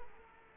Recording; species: mosquito wingbeat signal from an infrared sensor; Culex quinquefasciatus